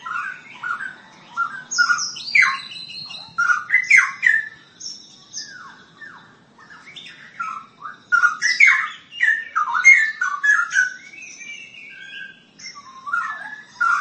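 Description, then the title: Long-tailed shrike song, a long varied stream of scratchy chirps, squawks and whistled notes, delivered in bursts with short pauses throughout. "Kicau Burung Pentet"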